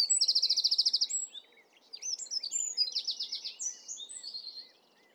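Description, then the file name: Eurasian wren singing: an opening high rattling trill, a short pause, then a second burst of sharp chips and quick trills that fades out. "Troglodytes troglodytes"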